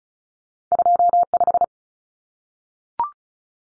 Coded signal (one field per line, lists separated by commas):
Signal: Morse code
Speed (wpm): 34 wpm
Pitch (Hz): 700 Hz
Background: none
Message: 25